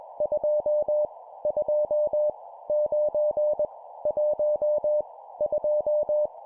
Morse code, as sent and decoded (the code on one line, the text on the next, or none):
..--- / ..--- / ----. / .---- / ..---
2 2 9 1 2